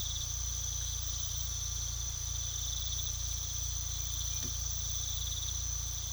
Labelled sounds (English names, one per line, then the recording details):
none
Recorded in pastures near Puerto Asís, Putumayo, Colombia, on 18 December 2024 at 03:00
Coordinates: 0.486, -76.323
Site GP01